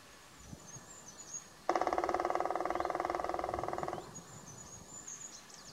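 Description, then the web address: Black woodpecker drumming: one rapid, even roll of knocks lasting just over two seconds, with faint high bird chirps before and after it. "dzieciol czarny bebnienie"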